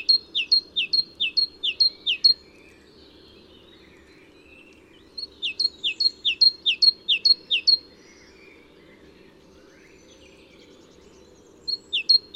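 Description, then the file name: Great tit song in three bouts of high two-note phrases, the first two bursts of about six phrases, a brief start of a third at the end. "Parus major"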